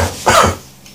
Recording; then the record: coughing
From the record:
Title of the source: Spring Cold Coughing 2